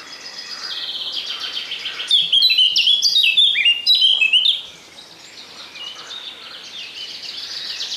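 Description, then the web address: Eurasian blackcap song: soft twittering warble, then a loud, clear flourish of fluty whistles lasting about two and a half seconds before fading back to quiet chatter. "Przyroda Ptaki Kapturka"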